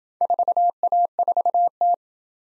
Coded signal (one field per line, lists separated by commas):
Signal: Morse code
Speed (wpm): 26 wpm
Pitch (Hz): 700 Hz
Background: none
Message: 4A4T